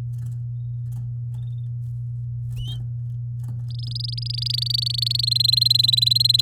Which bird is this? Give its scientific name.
Serinus canaria